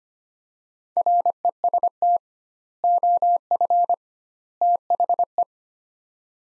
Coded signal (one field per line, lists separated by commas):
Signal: Morse code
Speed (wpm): 25 wpm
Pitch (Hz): 700 Hz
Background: none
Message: REST OF THE